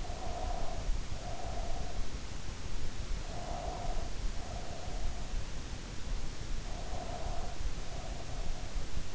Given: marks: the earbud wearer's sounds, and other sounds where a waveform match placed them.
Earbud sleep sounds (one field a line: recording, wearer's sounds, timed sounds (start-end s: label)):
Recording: sounds in sleep by an in-ear microphone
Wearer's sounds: breath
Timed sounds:
0.00-2.04 s: breath
3.16-5.24 s: breath
6.69-8.38 s: breath